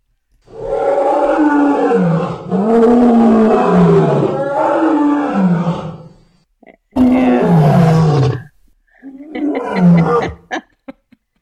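Lion roaring: a series of deep, moaning roars run closely together, followed after short pauses by two shorter roars.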